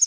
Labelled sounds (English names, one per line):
Prairie Warbler flight call